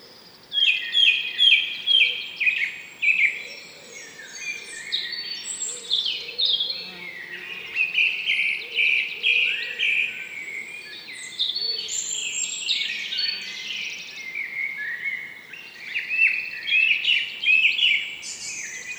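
Forest birds sing almost without pause in a beech wood, bright overlapping chirps and trills from several birds over a faint steady background hush.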